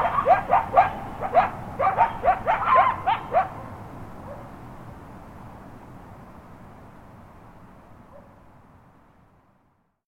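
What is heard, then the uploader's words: Coyotes yip in a quick burst for three seconds, then go quiet, leaving a low steady hum that slowly fades. Coyotes roam the Hollywood hills on a cool April midnight.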